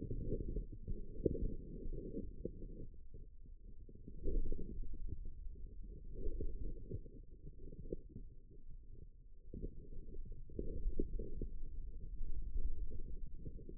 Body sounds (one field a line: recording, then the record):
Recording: forearm muscle sounds (acoustic myography)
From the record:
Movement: wrist flexion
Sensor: system 2, bracelet of six BSWA MPA416 microphones around the upper forearm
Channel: 6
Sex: male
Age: 22 years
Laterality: right